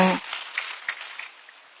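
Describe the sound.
A brief voice gives way to an audience of about 700-800 students in an assembly hall clapping, a dense patter of many hands with a few sharper claps standing out, holding fairly steady before thinning slightly toward the end.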